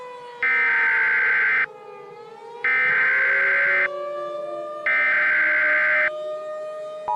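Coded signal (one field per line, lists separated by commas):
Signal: Emergency Alert System (SAME) tones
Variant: header bursts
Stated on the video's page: Fictional EAS scenario with valid SAME tones, simulated alert about an Elmo rampage across the U.S.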